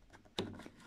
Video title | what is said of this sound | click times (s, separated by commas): KONDİSYON BİSİKLETİ - ESSENTIAL DOMYOS KURULUMU / DOMYOS KONDİSYON BİSİKLETİ KUTU AÇILIŞI - KURULUM | yavaşta oturtturduk ve çıt sesi geldi | 0.4 s